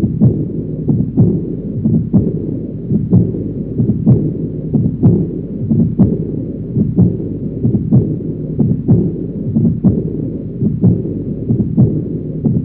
Aortic regurgitation sound effect.